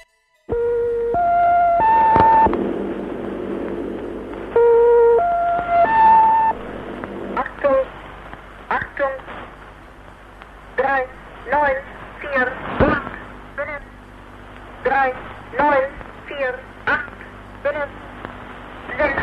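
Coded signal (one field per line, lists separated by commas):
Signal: numbers station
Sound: three rising electronic tones twice, then a voice reading short evenly spaced words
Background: radio static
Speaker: A modo de ilustración, aquí hay un ejemplo de una breve grabación de cosas que suceden en la naturaleza, la Estación de números.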